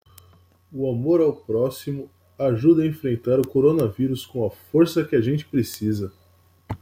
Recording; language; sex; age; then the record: spoken sentence; Brazilian Portuguese; male; 20 to 29 years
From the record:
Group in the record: control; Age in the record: 27 years